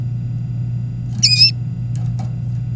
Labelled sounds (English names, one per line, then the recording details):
Domestic Canary song
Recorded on 24 April 2018 at 18:27
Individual llb3